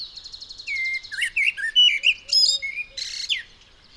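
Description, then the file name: Common blackbird singing a run of mellow whistled notes mixed with high chattering flourishes. "Turdus merula"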